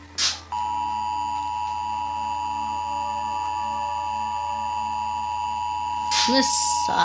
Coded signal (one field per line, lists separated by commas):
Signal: Emergency Alert System (SAME) tones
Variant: 853 and 960 Hz attention tone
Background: speech